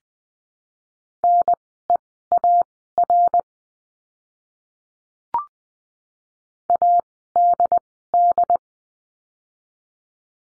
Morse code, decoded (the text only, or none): NEAR ADD